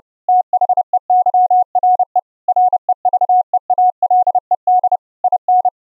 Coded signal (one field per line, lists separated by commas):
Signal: Morse code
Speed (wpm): 31 wpm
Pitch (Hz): 730 Hz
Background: none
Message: THEYRE REVEALED IN